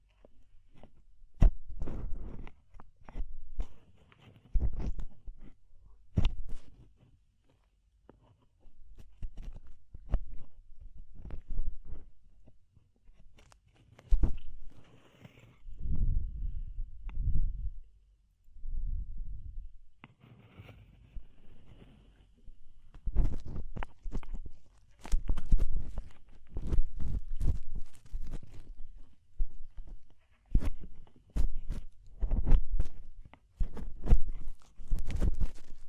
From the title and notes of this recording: ASMR DEEP Ear Penetrating Cleaning (No Talking).